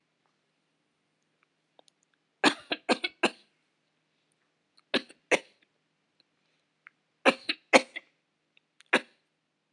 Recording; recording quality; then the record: shallow voluntary cough; excellent, no background noise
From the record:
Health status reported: healthy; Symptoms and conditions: none ticked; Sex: female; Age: 52 years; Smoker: not ticked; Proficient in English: yes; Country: India